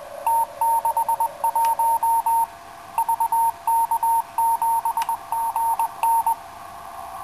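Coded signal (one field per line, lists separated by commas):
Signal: Morse code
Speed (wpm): 20 wpm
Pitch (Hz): 920 Hz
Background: radio noise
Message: T61 VK7GN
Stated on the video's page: Morse received on 80 and 40 metre amateur bands with a homebrew direct-conversion software defined radio, no audio filter, no image rejection.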